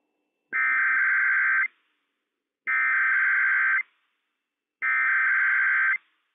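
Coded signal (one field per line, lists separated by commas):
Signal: Emergency Alert System (SAME) tones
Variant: header bursts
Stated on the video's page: Required Weekly Test from county emergency management for Benton, Franklin and Walla Walla counties, Washington.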